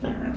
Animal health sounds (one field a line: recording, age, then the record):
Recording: pig call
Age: growing-finishing pig (85 days or more)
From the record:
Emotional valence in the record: negative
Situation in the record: barren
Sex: female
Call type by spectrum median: low-frequency call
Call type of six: low-frequency modulated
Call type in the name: low-frequency stable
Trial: 3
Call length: 0.37 s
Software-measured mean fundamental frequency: 45 Hz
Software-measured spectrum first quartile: 213 Hz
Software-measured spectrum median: 321 Hz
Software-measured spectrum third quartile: 722 Hz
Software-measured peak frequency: 246 Hz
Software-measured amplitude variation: 167 dB a second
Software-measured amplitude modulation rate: 22.9 a second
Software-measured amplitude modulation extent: 7.3 dB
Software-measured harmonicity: 2.5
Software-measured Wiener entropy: -0.82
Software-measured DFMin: 944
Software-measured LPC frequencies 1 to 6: 1647, 3060, 6083, 6913, 8628, 9683 Hz